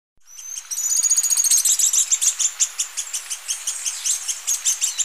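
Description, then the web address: White-tailed tyrannulet trill: a rapid run of very high, thin notes, fast at first and then slowing into evenly spaced chips. Ecuador. "Birds of Ecuador White-tailed Tyrannulet"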